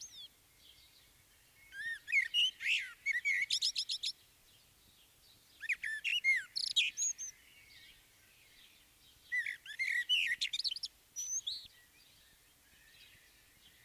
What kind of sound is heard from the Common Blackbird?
song